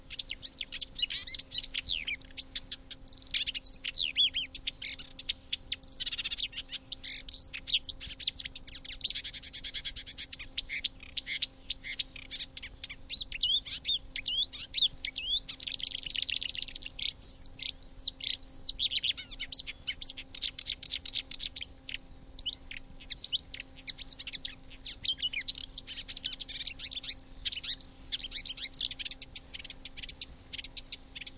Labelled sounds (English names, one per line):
Marsh Warbler song